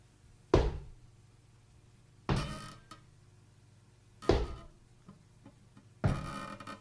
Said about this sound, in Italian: Il parquet del nonno scricchiola.